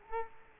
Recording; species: mosquito wingbeat signal from an infrared sensor; Culex quinquefasciatus